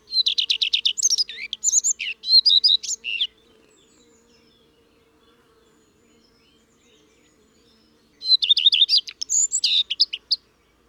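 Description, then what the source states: Common redstart delivering two song phrases separated by a long silent pause, each a run of repeated notes ending in varied twittering. Garden bird.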